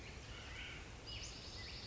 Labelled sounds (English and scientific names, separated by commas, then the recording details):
Western Flycatcher (Empidonax difficilis)
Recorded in Sonoma County, California